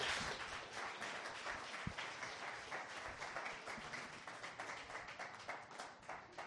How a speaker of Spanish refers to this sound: Si entendió eso, dele un aplauso al Señor.